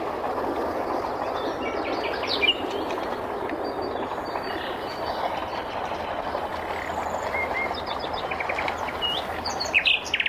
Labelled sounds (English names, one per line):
Common Nightingale song